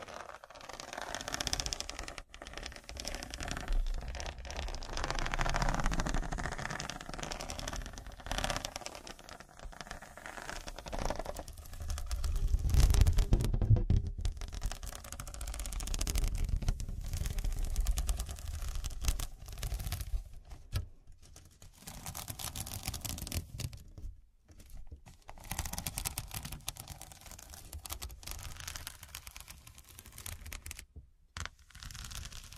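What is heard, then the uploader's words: Scratching goes on almost without pause, a rough, uneven scraping with quick strokes and sharp gritty bursts. It swells into a heavier, deeper rumbling stretch around the middle, then thins out, with brief near-silent breaks around 24 and 31 seconds. Pure Scratching.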